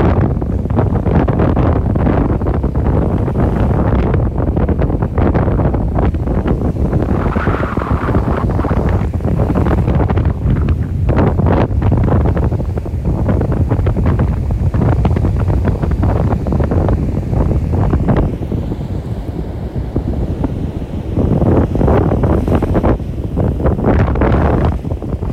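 Wind and waves fill the recording with a dense, steady roar that is heaviest in the low end, with wind buffeting the microphone throughout. Brief thumps and rustles rise out of the wash every second or so, with a brighter surge around seven seconds.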